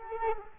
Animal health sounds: mosquito wingbeat signal from an infrared sensor; Culex quinquefasciatus

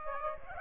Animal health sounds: mosquito wingbeat signal from an infrared sensor; Aedes aegypti

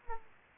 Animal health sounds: mosquito wingbeat signal from an infrared sensor; Aedes aegypti

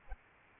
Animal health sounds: mosquito wingbeat signal from an infrared sensor; Aedes albopictus

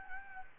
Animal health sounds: mosquito wingbeat signal from an infrared sensor; Anopheles gambiae

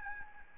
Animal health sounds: mosquito wingbeat signal from an infrared sensor; Aedes albopictus

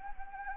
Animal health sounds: mosquito wingbeat signal from an infrared sensor; Anopheles gambiae

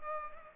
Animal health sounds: mosquito wingbeat signal from an infrared sensor; Culex pipiens

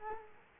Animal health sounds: mosquito wingbeat signal from an infrared sensor; Culex quinquefasciatus

